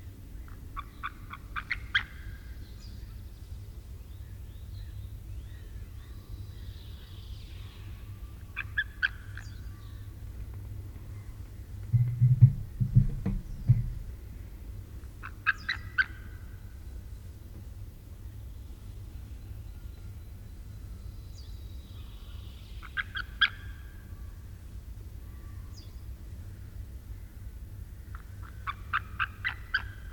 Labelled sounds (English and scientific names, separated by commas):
White-tailed Eagle (Haliaeetus albicilla) call